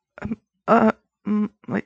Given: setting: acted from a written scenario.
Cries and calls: vocal sound without words; confusion

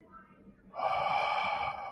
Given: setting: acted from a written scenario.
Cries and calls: vocal sound without words; awe

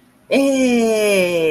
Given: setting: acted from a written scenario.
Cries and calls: vocal sound without words; positive surprise

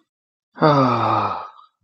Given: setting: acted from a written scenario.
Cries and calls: vocal sound without words; serenity

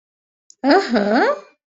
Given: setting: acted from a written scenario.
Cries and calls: vocal sound without words; interest

